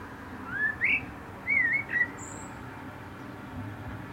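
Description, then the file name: Common blackbird song, two short mellow whistled phrases with rising and falling slurs, followed by a thin high note, over a hissy background. "Turdus merula"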